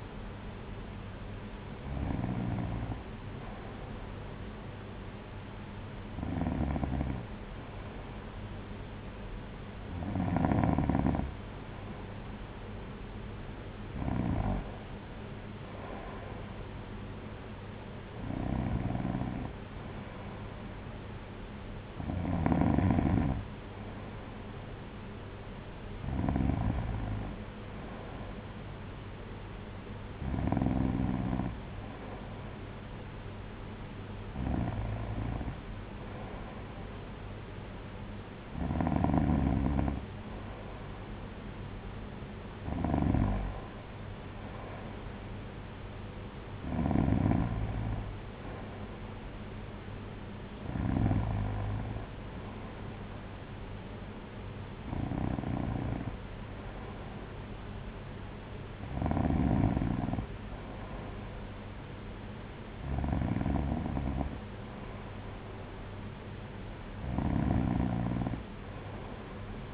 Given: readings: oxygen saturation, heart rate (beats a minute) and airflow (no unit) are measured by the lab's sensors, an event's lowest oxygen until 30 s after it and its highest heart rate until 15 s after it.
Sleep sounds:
breathing in sleep by a voice recorder at the bedside; none
65.00-69.74 s: new sleep stage, N1 (lightest sleep)
From the record:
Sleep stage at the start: N2 (light sleep); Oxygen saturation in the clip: 93 to 94%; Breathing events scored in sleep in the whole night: 226 in 8.8 hours asleep

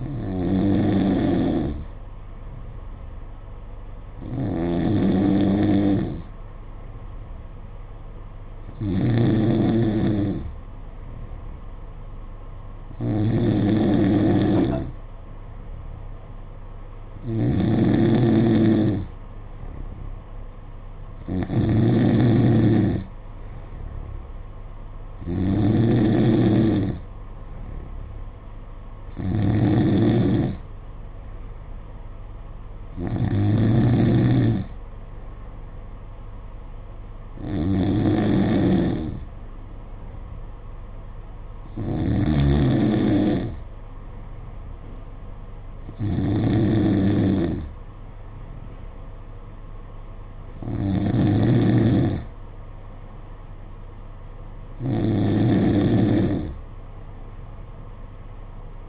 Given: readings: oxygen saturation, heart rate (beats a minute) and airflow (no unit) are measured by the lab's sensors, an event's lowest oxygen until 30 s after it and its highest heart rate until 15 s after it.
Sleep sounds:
breathing in sleep by a smartphone at the bedside; none
none scored
From the record:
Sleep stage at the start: N2 (light sleep); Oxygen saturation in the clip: 92 to 94%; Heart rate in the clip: 55 to 59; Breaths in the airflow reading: 14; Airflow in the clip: -5.2 to 4.6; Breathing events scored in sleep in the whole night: 476 in 9.7 hours asleep

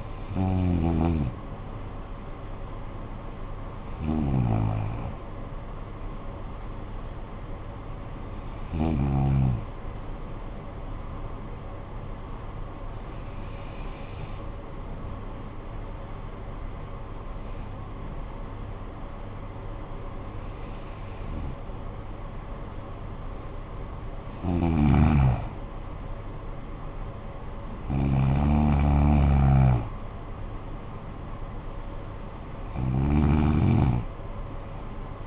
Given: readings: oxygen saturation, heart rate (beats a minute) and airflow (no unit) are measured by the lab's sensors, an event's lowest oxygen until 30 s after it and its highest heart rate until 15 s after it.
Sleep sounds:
breathing in sleep by a smartphone at the bedside; 1
13.00-25.30 s: hypopnea (N2, oxygen 93% highest, then 90% lowest, heart rate 57 at the start, 65 highest)
From the record:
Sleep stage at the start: N2 (light sleep); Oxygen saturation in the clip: 90 to 93%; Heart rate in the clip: 53 to 67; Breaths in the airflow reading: 9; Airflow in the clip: -10.1 to 9.9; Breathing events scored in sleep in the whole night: 445 in 7.6 hours asleep

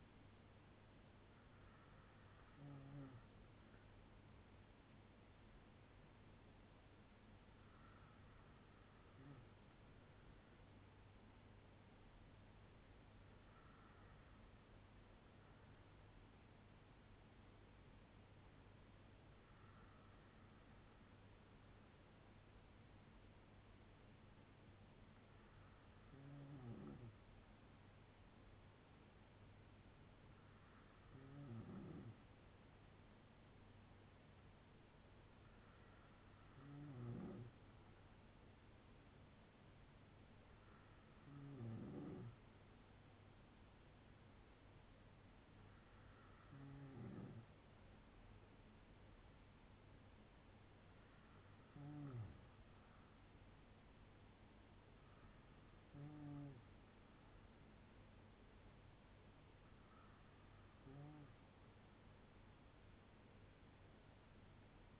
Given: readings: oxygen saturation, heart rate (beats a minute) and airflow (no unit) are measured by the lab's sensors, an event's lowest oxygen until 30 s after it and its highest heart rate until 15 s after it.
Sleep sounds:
breathing in sleep by a voice recorder at the bedside; none
none scored
From the record:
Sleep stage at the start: N2 (light sleep); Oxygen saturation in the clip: 94 to 95%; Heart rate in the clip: 57 to 71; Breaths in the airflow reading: 12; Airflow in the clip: -6.5 to 6.4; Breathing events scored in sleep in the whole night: 182 in 7.4 hours asleep

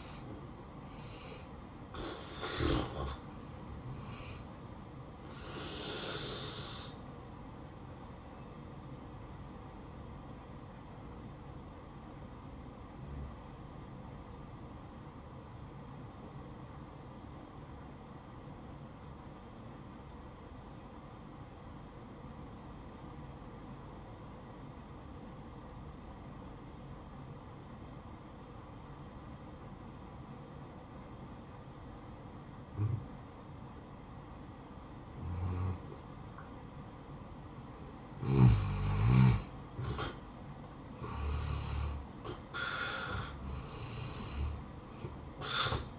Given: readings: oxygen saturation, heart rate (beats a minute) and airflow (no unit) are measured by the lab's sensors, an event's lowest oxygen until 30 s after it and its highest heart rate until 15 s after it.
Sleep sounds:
breathing in sleep by a smartphone at the bedside; 1
15.00-38.20 s: obstructive apnea (N1, oxygen 95% highest, then 86% lowest, heart rate 59 at the start, 74 highest)
15.00-45.99 s: new sleep stage, N2 (light sleep)
From the record:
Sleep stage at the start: N1 (lightest sleep); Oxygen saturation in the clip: 84 to 95%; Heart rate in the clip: 58 to 71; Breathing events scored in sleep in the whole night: 573 in 9.8 hours asleep

